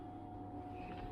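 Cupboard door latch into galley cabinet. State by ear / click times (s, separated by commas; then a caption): not seated / none. A cupboard door latch on a galley cabinet of a 2020 Sunseeker Predator 50 boat is being handled, with only a steady low hum and a constant tone near 700 Hz. There are no sharp hits, and nothing has seated or clicked yet.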